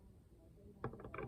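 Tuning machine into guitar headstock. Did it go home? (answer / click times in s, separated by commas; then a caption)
no / none. A replacement tuning machine is handled and pushed toward its hole in the headstock of an old guitar under restoration, a Fender Maverick Japanese Barcley copy. After about 0.8 seconds of quiet, a cluster of short knocks and rattles follows, the loudest at 0.8 s. Nothing has seated yet.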